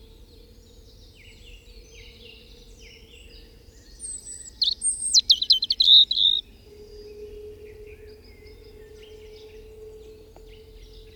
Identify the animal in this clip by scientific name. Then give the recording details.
Erithacus rubecula. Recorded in the wild. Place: Putbus, Insel Rügen, Mecklenburg-Vorpommern, DE. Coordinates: 54.38, 13.458. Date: 1974-05-02. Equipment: Nagra III BH, Sennheiser MD 21, parabola. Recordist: Schubert, Michael